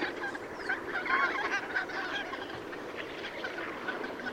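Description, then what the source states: Goose flock honking steadily, overlapping nasal calls with a few clearer drawn-out honks standing out early on. Recorded 5 September 2016.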